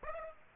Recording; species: mosquito wingbeat signal from an infrared sensor; Aedes aegypti